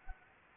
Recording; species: mosquito wingbeat signal from an infrared sensor; Anopheles arabiensis